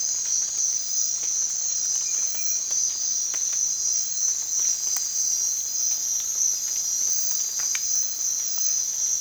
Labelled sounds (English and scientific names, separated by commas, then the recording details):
none
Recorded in dense forest near Puerto Asís, Putumayo, Colombia, on 25 June 2025 at 04:00
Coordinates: 0.468, -76.322
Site GP03